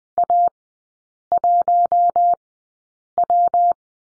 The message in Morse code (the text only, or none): A1W